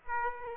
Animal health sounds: mosquito wingbeat signal from an infrared sensor; Aedes aegypti

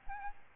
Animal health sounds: mosquito wingbeat signal from an infrared sensor; Aedes albopictus

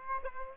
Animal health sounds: mosquito wingbeat signal from an infrared sensor; Aedes aegypti

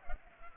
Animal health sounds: mosquito wingbeat signal from an infrared sensor; Culex pipiens

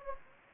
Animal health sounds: mosquito wingbeat signal from an infrared sensor; Anopheles gambiae

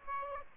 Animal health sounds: mosquito wingbeat signal from an infrared sensor; Aedes aegypti

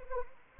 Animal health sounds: mosquito wingbeat signal from an infrared sensor; Anopheles arabiensis

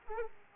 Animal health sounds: mosquito wingbeat signal from an infrared sensor; Aedes aegypti

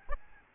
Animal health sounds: mosquito wingbeat signal from an infrared sensor; Aedes albopictus

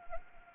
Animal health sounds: mosquito wingbeat signal from an infrared sensor; Anopheles arabiensis

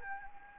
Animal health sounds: mosquito wingbeat signal from an infrared sensor; Anopheles gambiae

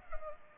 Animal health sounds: mosquito wingbeat signal from an infrared sensor; Culex pipiens

